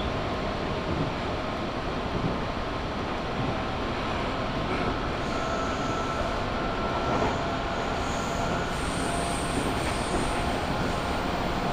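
A train on the Chūō West Line runs between Jūnikane and Kiso-Fukushima, its steady rumble filling the whole clip at an even loudness. Faint thin whines and high squeals drift in and out, mostly in the second half around eight to eleven seconds.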